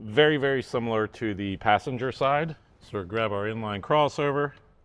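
A tweeter inline crossover's plastic connector is being handled, about to be plugged into the factory tweeter plug of a Kicker plug-and-play speaker bundle in a 2007–2014 Jeep JK Wrangler, while someone talks. Nothing has seated or clicked yet.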